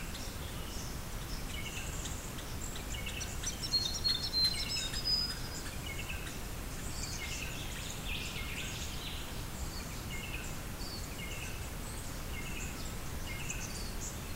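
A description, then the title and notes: Faint birdsong chirps high and thin above a steady low rumble of river water, with a brief louder call around four seconds. This is an early morning recording of the bird song on the Isabella River. I think made mid 1990s.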